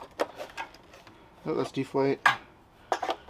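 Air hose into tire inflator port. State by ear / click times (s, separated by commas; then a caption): seated / 2.9 s. An air hose from an Etenwolf Vortex S6 tire inflator is moved from the deflate port to the inflate port and pushed in. A sharp click at 2.9 s shows it has securely locked into the port. Earlier there are faint taps and handling noises, and someone talks.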